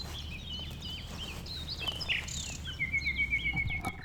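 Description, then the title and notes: Common nightingale song: clear whistled notes and slurs, then a quick series of evenly repeated piping notes, over a low hum. Nightingale, one of several settled on the banks of a stream forming a pond 1500 m from the A20 motorway; recorded around 8 am on Sunday 12 April. "Un Rossignol Envers Et Contre Tout. un rossignol venu avec quelques autres s'installer sur les rives d'un ruisseau formant un étang à 1500 mètres de l'A 20. Ces moments ont été enregistrés vers 8h le dimanche 12 avril"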